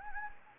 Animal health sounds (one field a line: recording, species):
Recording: mosquito wingbeat signal from an infrared sensor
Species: Anopheles gambiae